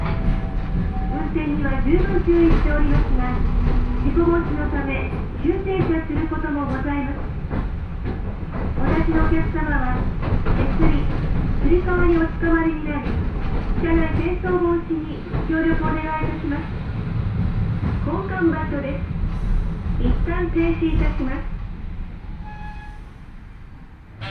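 A train with nose-suspended traction motors growls steadily as it runs, a dense low rumble filling the whole recording. Over it, voices talk in bursts through most of the clip, pausing briefly near the end, and the loudness eases off in the last few seconds.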